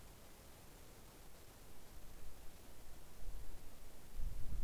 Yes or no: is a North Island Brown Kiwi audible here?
no